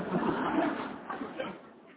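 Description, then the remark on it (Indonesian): Someone imitates a crow's caw with a harsh, raspy, drawn-out voice, rough and noisy rather than tonal, fading a little toward the end. “Burung gagak, ya, atau burung gagak.”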